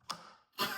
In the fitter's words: Man, you can hear that audible snap click in.